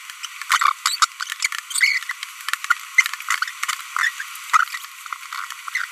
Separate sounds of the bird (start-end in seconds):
0.51-0.72, 0.86-0.96, 1.02-1.05, 1.42-1.46, 1.71-1.98, 2.70-2.73, 3.96-4.09, 4.53-4.63, 5.75-5.84